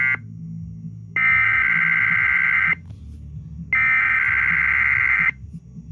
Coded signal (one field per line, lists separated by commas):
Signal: Emergency Alert System (SAME) tones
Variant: header bursts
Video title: EAS #922-923: KDKA Random EAS Test (KDKA Test #30) || 4/25/22